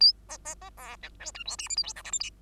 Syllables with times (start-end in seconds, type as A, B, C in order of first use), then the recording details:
0.00-0.12 A, 0.29-0.38 B, 0.45-0.55 B, 0.61-0.70 B, 0.77-0.96 C, 1.02-1.10 D, 1.20-1.31 E, 1.34-1.44 F, 1.45-1.56 G, 1.58-1.69 H, 1.69-1.76 I, 1.76-1.83 J, 1.83-1.93 K, 1.96-2.02 L, 2.04-2.11 M, 2.12-2.19 N, 2.20-2.30 O. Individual Bird2